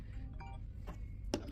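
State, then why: Not seated. A strike bracket is tried against the body of a Hafele Kabi-flow electronic cabinet lock after a factory reset. A steady low hum runs throughout, with a faint tonal sound near 0.4 s and a brief sharp tap at about 1.3 s. The lock does not catch because everything has been reset, and nothing has latched or clicked yet.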